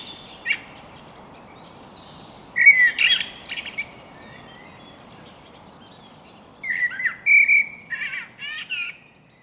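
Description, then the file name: Eurasian blackbird calls, scattered chirping phrases, sharp and slightly squawky, separated by quiet gaps. "Turdus merula"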